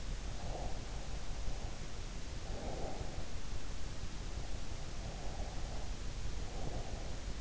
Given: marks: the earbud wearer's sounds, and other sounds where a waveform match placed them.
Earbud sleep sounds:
sounds in sleep by an in-ear microphone; breath
0.36-3.32 s: breath
4.68-7.41 s: breath

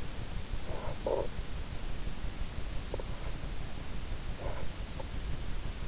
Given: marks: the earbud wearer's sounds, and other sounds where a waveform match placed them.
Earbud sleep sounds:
sounds in sleep by an in-ear microphone; snoring breath
0.12-2.07 s: snoring breath

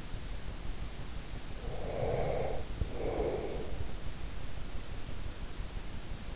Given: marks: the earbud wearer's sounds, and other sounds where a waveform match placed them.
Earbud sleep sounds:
sounds in sleep by an in-ear microphone; breath
1.58-4.01 s: breath

